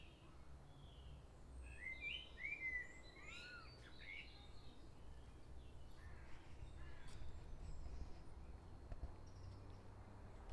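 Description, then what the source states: Common blackbird song: a short run of fluty, looping whistled notes near the start, followed by faint high twittering, against constant low rumbling noise. Recorded at Crystal Palace, London.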